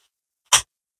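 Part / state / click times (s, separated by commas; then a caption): folding push handle into its lock on the wheelchair frame / seated / 0.5 s. A folding push handle on a Chair Ryder MWC 5 wheelchair is unfolded straight and snaps into its metal lock on the frame. A single sharp click sounds at 0.5 s, and the handle is locked.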